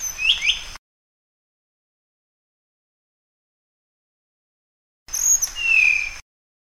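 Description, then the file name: Flycatcher song: two brief phrases of sharp, high slurred whistles separated by about four seconds of silence. "suara burung sikatan sunda. omkicau"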